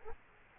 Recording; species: mosquito wingbeat signal from an infrared sensor; Culex quinquefasciatus